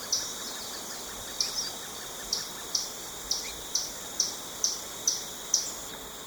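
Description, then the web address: Common tody-flycatcher giving sharp, high ticking notes, repeated about every half second in an irregular series, over a steady high background hum. Recorded in Ecuador. "S America Birds of Ecuador. Common Tody-Flycatcher"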